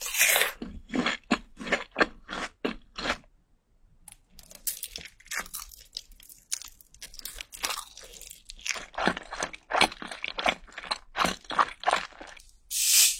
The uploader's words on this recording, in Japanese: 咀嚼音（合集）。